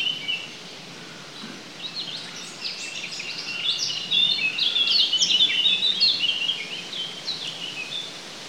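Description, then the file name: Eurasian blackcap singing a fast, jumbled warble of high chirps and twittering notes that builds to a loud rich stretch midway, then softens. "Sylvia atricapilla"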